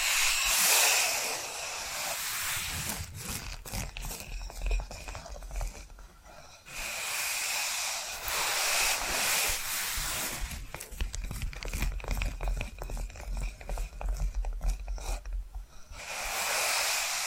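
Tapping and scratching sounds alternate in waves. Bright, hissy scratching fills the opening seconds, returns around 8 to 10 seconds and again at the end, while stretches in between carry dense, quick taps over a soft low thumping. The level stays fairly even throughout.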